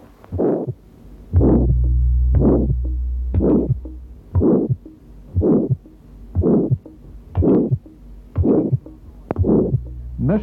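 Heart by stethoscope, about 59 beats per minute: a harsh, diamond-shaped systolic ejection murmur of aortic stenosis, ending before a normal second sound, heard at the second right intercostal space.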